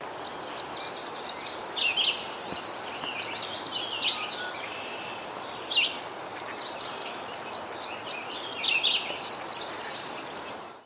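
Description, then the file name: Tennessee warbler song: very high, rapid staccato runs of repeated notes, heard twice, with other high bird notes and steady background hiss. "Leiothlypis peregrina - Tennessee Warbler"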